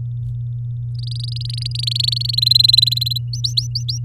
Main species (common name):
Domestic Canary